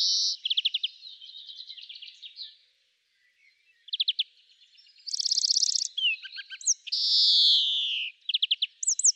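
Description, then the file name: European greenfinch song of bright rattling trills and twitters, broken by a pause, then a long descending nasal wheeze followed by more trills. "Chloris chloris"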